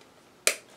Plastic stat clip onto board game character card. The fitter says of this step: so these stat tips that go onto the board like this they snap into place and